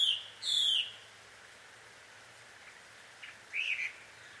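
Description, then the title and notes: Bird calls: loud high chirps at the start, then near-silence, then a few shorter chirps near the end. A pair of birds quarrelling at dusk in Takao, Japan; field recording. "鳥の夫婦喧嘩 – Birds Quarrel At Dusk. Recorded in Takao Japan"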